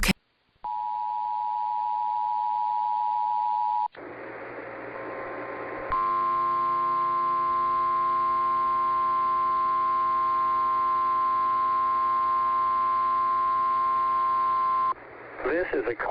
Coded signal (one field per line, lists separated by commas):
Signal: Emergency Alert System (SAME) tones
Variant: 853 and 960 Hz attention tone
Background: speech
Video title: EAS test Extravaganza: EAS 53-55